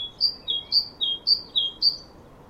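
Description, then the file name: Great tit repeating a bright high-low two-note phrase four times at a steady pace against a quiet background. "Parus major"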